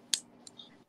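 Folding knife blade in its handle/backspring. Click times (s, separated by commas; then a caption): 0.1 s. The blade of a bone-handled folding pocket knife with a little patina is worked in its handle, and the backspring snaps it into position with a sharp metal snap at 0.1 seconds, a really nice snap. Two fainter ticks follow at about 0.5 and 0.6 seconds, and the blade is seated.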